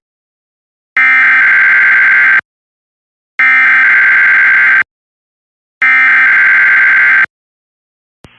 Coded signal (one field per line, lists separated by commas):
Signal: Emergency Alert System (SAME) tones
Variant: header bursts